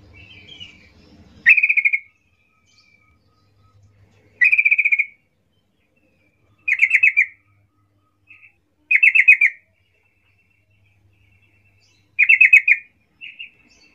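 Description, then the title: Yellow-vented Bulbul song: short bubbly, burry phrases repeated every few seconds with silent gaps, plus a few brief softer notes. Trucuk singing as a lure (pancingan) to make trucuk birds sing; 'gacor ropel ngalas' song style. "GACOR Ropel Ngalas Pancingan Trucukan Agar Bunyi Jadikan Burung Trucuk"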